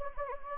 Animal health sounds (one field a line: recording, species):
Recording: mosquito wingbeat signal from an infrared sensor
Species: Anopheles gambiae